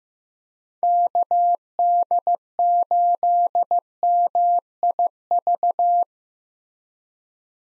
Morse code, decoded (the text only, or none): KD8MIV